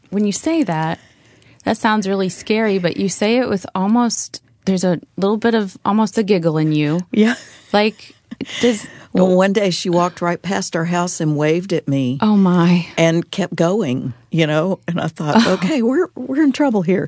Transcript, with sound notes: When you say that, that sounds really scary, but you say it with almost, there’s a little bit of almost a giggle in you.
(laughter) Well, one day she walked right past our house and waved at me and kept going, and I thought, Okay, we’re in trouble here.